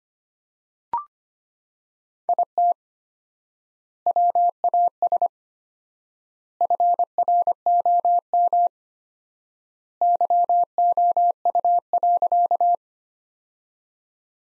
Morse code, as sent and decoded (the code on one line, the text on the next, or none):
.. - / .-- .- ... / ..-. .-. --- -- / -.-- --- ..- .-.-.-
IT WAS FROM YOU.